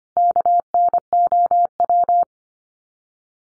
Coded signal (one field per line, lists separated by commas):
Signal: Morse code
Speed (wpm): 25 wpm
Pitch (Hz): 700 Hz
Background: none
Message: KNOW